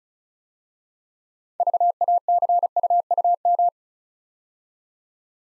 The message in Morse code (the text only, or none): VACUUM